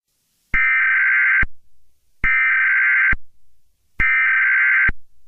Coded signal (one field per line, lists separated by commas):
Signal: Emergency Alert System (SAME) tones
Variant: header bursts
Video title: [EAS] Korty & Dead Friends #01000100 01101001 01100101